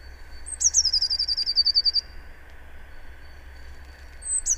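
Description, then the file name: Eurasian blue tit delivering a quick high trill of many short notes dropping slightly in pitch, then a pause with low hum before another trill begins at the end. "Cyanistes caeruleus"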